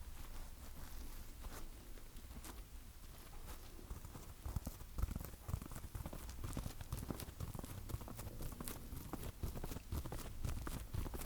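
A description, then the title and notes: Sticky tapping: quick, irregular taps with a tacky, slightly clicking release, striking many times a second. A low rumble runs underneath throughout. The taps thicken and grow louder after about four seconds, with a few sharper hits near five and ten seconds. ASMR Sticky Tapping.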